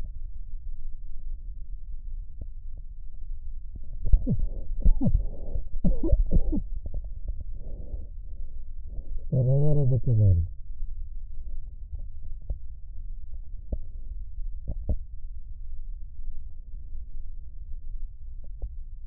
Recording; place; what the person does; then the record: lung sounds by stethoscope; left posterior basal chest; quiet breathing, then cough and speech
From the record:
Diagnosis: interstitial lung disease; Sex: male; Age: 72 years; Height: 170 cm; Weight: 62.9 kg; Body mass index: 21.8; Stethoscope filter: extended mode